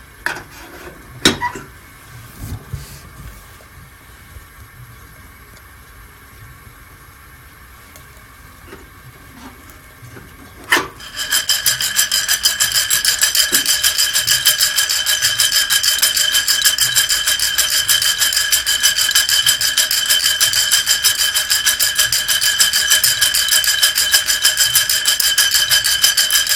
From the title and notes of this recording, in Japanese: 今朝は”モカブレンド”を焙煎。